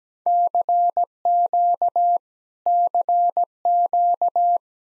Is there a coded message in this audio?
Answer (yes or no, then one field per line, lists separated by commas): yes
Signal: Morse code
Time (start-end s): 0.3-4.6 s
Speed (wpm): 17 wpm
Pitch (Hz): 700 Hz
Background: none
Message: CQ CQ